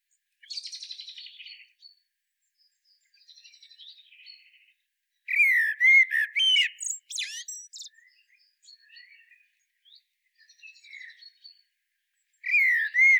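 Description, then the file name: Common blackbird: faint scratchy twitters early on, then a loud phrase of warbled notes and sharp high squeaks, quieter notes after, and another warble beginning at the end. "Turdus merula"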